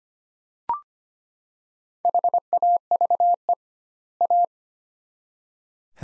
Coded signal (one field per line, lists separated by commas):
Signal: Morse code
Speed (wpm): 25 wpm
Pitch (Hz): 700 Hz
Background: none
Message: HAVE A